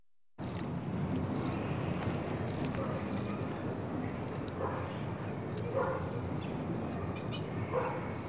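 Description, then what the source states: Cricket chirps, four brief high trilled pulses early on, then steady outdoor traffic rumble with faint other sounds. Outdoors, with traffic in the background.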